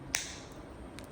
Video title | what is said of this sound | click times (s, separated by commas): Central Line Dressing change | it makes this click sound when activated | 0.2 s